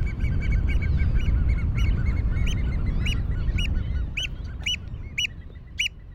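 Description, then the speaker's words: American oystercatcher calls, loud shrill piping notes in a rapid series, becoming clearer as a low roar fades. Large shorebirds with red beaks used to pry open shellfish; found on beaches of Long Island's South Shore in spring and summer. "This is WSHU's Birdsong Break, and this week's bird is the American oystercatcher."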